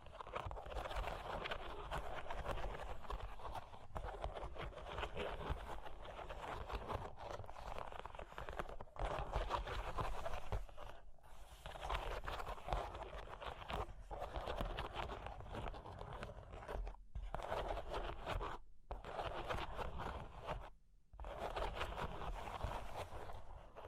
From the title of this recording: Cork and Wood Tapping, Scratching, Tracing